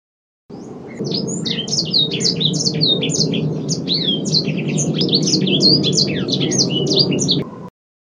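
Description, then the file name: Edel sanger song: a fast, unbroken stream of high, sharp twittering notes that sweep up and down, with a steady low rumble of background noise underneath. Described as singing vigorously (gacor). "edel-sanger-gacor-2-omkicau"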